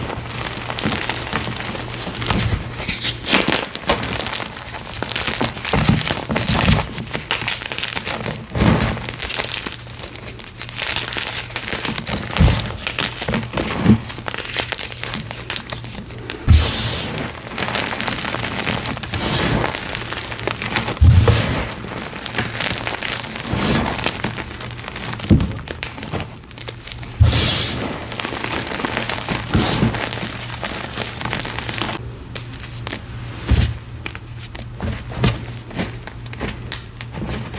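Dense, crackly crunching and crumbling of a chalk block being carved and crushed, continuous, with a low steady hum underneath.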